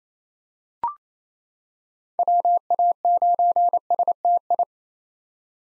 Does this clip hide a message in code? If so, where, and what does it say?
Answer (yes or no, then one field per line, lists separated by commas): yes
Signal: Morse code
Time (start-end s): 2.2-4.6 s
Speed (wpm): 28 wpm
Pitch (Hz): 700 Hz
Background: none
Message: WA9STI